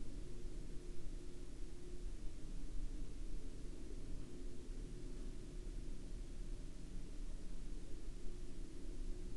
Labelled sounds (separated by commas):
near silence